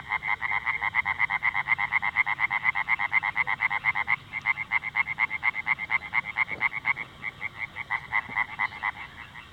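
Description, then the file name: Oriental tree frog calling, a rapid, steady series of sharp pulses. "Hyla orientalis"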